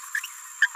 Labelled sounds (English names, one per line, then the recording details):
Green-rumped Parrotlet babbling
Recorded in a nest box in Venezuela
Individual 18B17A3